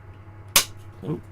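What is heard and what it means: A small spare laser module is pushed into its fitted printed holder and snaps into place with one sharp, loud click at 0.56 s, over a steady low hum. Someone talks just after, and the module is fully seated with a tight fit.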